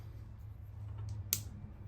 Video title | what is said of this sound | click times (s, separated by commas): The 392 Rubicon Wrangler gets 37’s with no lift, new headlights and taillights! #jeepwrangler #392 | Make sure it clicks. | 1.3 s